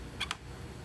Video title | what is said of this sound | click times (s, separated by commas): Starlink Mini Magnetic Car Mount Assembly/Installation | you hear the click, and then you can pull forward. | 0.2 s, 0.3 s